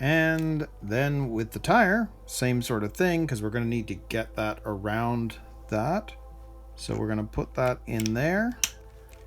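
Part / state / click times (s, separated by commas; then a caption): rubber tire onto plastic RC model car wheel / not seated / none. Someone talks while a rubber tire is worked over the rim of a plastic rear wheel for a Tamiya Subaru BRAT RC model car, with a few faint, sharp handling ticks near the end. The tire has not yet snapped into place; nothing has seated or clicked.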